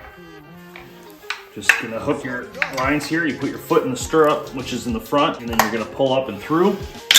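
Someone talks over background music while hooking a cocking rope onto a 2022 Excalibur crossbow, with a foot in the stirrup at the front, ready to pull up so the string catches in the trigger latch. Handling noises are heard, but nothing has seated or clicked yet.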